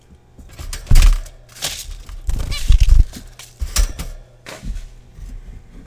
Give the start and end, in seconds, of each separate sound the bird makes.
2.51-2.59